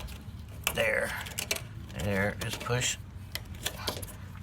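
A wiring harness connector is being handled and pushed toward the fuel pump wiring plug on a 1998 Chevy 1500 pickup truck while someone talks. Short, sharp plastic ticks and rattles are heard around the handling. Nothing has seated or clicked yet.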